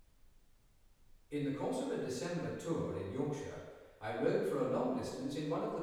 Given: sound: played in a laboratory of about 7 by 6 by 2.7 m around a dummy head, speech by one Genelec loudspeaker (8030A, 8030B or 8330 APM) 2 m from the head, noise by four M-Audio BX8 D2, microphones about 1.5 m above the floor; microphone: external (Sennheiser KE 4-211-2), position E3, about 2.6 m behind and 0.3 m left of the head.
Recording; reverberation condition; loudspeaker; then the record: male speech in English; high; 30 degrees to the right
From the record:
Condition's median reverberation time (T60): about 1300 ms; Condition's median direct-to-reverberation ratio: about -4.0 dB